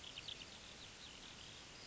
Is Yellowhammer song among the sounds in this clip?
no